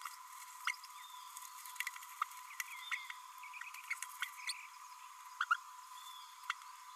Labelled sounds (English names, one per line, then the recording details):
Green-rumped Parrotlet babbling
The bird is a male
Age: 29 days
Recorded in a nest box in Venezuela
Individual 17B32A6